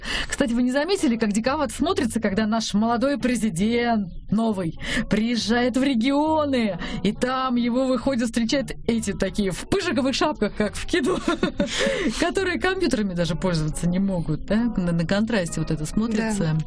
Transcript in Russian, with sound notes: Кстати, вы не заметили, как диковато смотрится, когда наш молодой президент новый, приезжает в регионы и там ему выходят встречать эти такие, в пыжиковых шапках как в (смеется) которые компьютерами даже пользоваться не могут, да? На контрасте вот это смотрится.